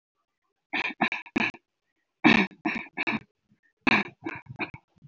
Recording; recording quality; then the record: shallow voluntary cough; poor, much background noise or distortion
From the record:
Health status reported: healthy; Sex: female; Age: 31 years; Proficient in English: yes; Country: India